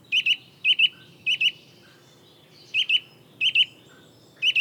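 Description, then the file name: Eurasian nuthatch giving loud, short metallic notes in doubled bursts, then a pause of about a second before more pairs; soft background hiss. "Sitta europaea"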